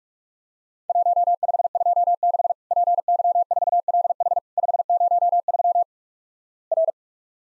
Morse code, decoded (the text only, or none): 1526 PY4LH 503 R